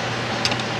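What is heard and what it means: A metal tab on a bracket is forced into its mounting slot while a metal piece is refitted on a Jeep Grand Cherokee 5.7. Over a steady broadband hiss, a short, sharp metallic snap hits at 0.5 s, followed by two fainter ticks just after. The tab seats in the slot.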